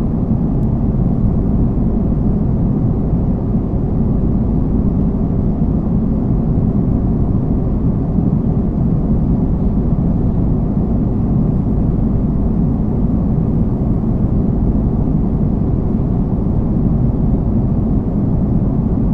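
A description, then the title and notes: Airplane sounds: a steady, dense low roar that holds at the same loudness for the whole stretch, like engine noise heard from inside the cabin. The rumble sits mostly in the low range with a softer hiss above it, and no distinct events break through. Airplane Sounds.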